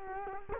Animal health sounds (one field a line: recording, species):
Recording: mosquito wingbeat signal from an infrared sensor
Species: Culex quinquefasciatus